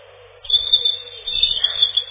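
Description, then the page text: European robin song: a run of high thin warbling notes, sounding dull and muffled at the top. Song described as a loud ringing trill. "Зарянка, или реполов, или малиновка - Erithacus rubecula"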